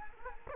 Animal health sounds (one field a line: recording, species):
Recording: mosquito wingbeat signal from an infrared sensor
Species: Culex quinquefasciatus